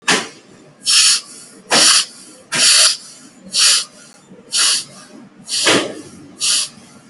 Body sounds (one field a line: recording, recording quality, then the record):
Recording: shallow breathing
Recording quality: excellent, no background noise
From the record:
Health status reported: healthy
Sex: male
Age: 31 years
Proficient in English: yes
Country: India